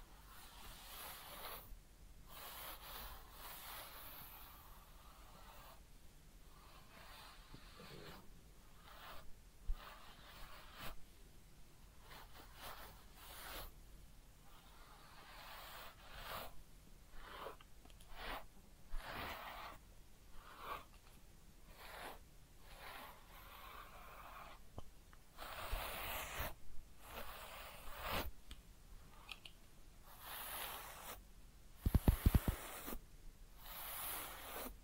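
Head massage and ear cleaning sounds: bursts of bright scratching and rubbing come in quick, uneven strokes, separated by short quiet gaps. The strokes grow denser after about 25 seconds, and a few sharp taps break through near 32 seconds.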